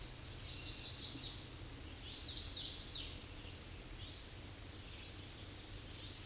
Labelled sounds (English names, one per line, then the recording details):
Hooded Warbler song
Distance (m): 45 m
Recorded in a Pennsylvania forest on 18 May 2023 at 07:35
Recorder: AudioMoth, point grid1_7_low
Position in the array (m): 146 m, 109 m